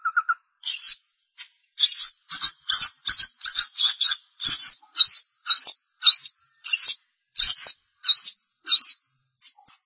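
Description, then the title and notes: Long-tailed shrike singing a long run of high, rapidly repeated slurred notes with scratchy overtones, delivered in a steady, hurried rhythm. "Pentet 201703. Suara burung pentet"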